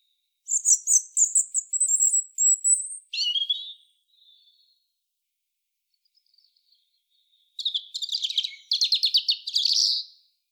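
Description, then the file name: European robin song opens with a high rippling trill, drops to a lower slurred whistle, then after a pause bursts into a rapid buzzy trilled phrase. "Erithacus rubecula"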